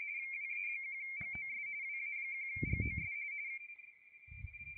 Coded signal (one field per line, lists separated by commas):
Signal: RTTY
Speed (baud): 45.45 baud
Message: WA1GOS WA1GOS